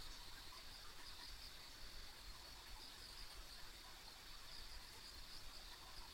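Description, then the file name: Insects give a steady, high, shimmering trill with brief brighter pulses, over constant hiss and low-frequency rumble. Ambient insect sounds on a rural country road. "田舎道の虫の環境音"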